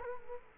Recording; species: mosquito wingbeat signal from an infrared sensor; Culex quinquefasciatus